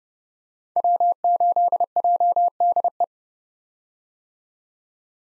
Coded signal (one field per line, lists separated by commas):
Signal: Morse code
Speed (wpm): 30 wpm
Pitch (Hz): 700 Hz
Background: none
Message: W8JDE